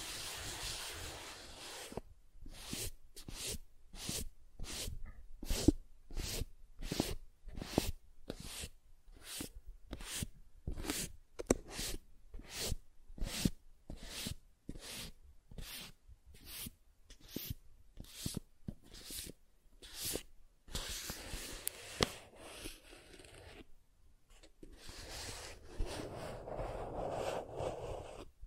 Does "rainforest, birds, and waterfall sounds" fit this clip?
no